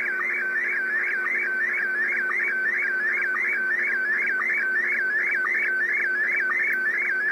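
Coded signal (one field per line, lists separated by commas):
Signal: SSTV (slow-scan television)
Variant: Scottie DX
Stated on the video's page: SSTV general call on 7165 kHz at 5 and 100 watts, monitored through a German web SDR 2000 km away.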